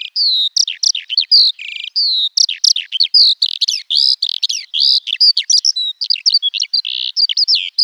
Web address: birdify. alauda arvensis